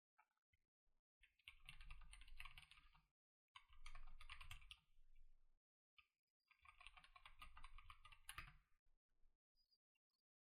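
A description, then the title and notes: Mechanical keyboard typing comes in quick, dense bursts of clicky keystrokes with a low thump under each press. Three main runs of rapid typing, each lasting one to two seconds, are broken by brief silent pauses, and scattered single key taps trail off toward the end. Mechanical Keyboard ASMR. This is my first ever custom mechanical keyboard. Mechanical keyboard sounds.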